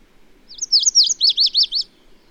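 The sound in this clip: Bird song phrase: a quick series of high, looping, slurred notes repeated several times in under two seconds over a faint low hum.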